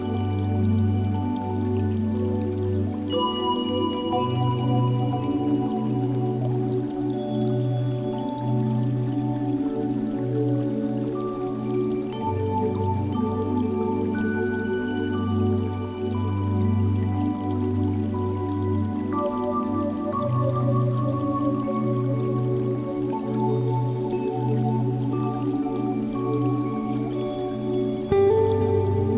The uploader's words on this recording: Relaxing Music Mix and Nature Sounds and 26 x 3 Tibetan Bell Timers.